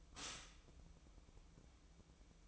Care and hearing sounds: daily activity, microphone in the room; stop toaster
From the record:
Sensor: 1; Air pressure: 1007.2 hPa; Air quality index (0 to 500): 77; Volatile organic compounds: 1 ppm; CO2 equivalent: 666 ppm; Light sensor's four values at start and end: 7/17/7/8 and 7/17/7/8

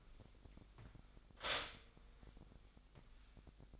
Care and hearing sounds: daily activity, microphone in the room; stop toaster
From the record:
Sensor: 5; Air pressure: 1002.1 hPa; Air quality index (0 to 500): 205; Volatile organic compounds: 19 ppm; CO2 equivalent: 2646 ppm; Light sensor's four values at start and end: 33/108/41/44 and 33/108/41/43

